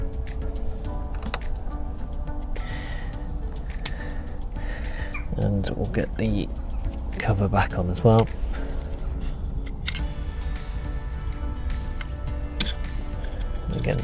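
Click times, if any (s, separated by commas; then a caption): none. The plastic lens cover for the number plate lamp unit of a 2013–2022 Mitsubishi Outlander is handled and pressed back toward the lamp while someone talks over background music. Light handling ticks are heard, including a sharp one near 3.9 s, but nothing has seated or clicked yet when the clip ends.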